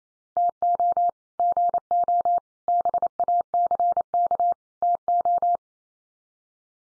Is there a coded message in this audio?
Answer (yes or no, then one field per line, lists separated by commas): yes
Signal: Morse code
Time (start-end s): 0.4-5.6 s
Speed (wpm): 28 wpm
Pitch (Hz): 700 Hz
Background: none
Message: TO GO BACK TO